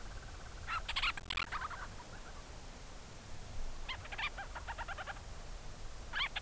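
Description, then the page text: Forster's Tern advertisement calls, harsh rasping bursts in three bouts separated by pauses, over a low rumbling background. Tern flying overhead calling to its colony on an island below in South Bay San Francisco, California; the advertisement call works as a greeting to the colony. "In South Bay San Francisco, California, a Forster’s Tern (Sterna forsteri) flies overhead and lets out a call to its colony below. This “advertisement call” is almost the bird’s way of saying “hello” to the colony on the island."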